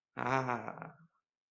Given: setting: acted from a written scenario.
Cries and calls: vocal sound without words; contempt

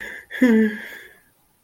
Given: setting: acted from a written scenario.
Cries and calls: vocal sound without words; shame

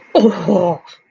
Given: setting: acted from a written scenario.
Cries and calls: vocal sound without words; disgust

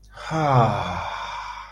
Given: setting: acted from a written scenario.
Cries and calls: vocal sound without words; serenity

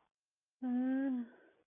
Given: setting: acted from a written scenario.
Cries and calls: vocal sound without words; sympathy

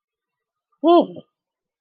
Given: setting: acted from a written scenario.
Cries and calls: vocal sound without words; interest

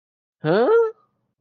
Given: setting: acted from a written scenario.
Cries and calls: vocal sound without words; confusion

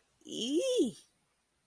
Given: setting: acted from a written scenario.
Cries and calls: vocal sound without words; fear

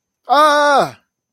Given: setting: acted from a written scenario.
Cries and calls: vocal sound without words; triumph

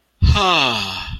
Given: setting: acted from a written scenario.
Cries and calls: vocal sound without words; relief

